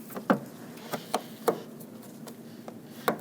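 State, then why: Not seated. A plastic wiring harness electrical connector is handled at the fuel pump module socket of a 2007–13 Nissan Sentra during a fuel pump replacement, before being pushed in until it latches. A few short, sharp plastic taps and knocks sound at about 0.3, 1.2, 1.5 and 3.1 seconds over faint handling noise. The connector has not seated or clicked in yet.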